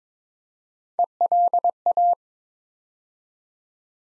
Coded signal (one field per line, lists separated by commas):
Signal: Morse code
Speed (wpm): 22 wpm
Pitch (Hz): 700 Hz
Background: none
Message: ELA